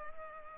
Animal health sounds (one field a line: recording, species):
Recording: mosquito wingbeat signal from an infrared sensor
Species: Culex pipiens